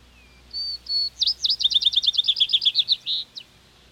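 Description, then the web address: Vesper sparrow song: two clear whistled notes, then a fast trill of repeated notes, ending with a longer held note and a short sharp note. "101 Bird Songs. Vesper Sparrow"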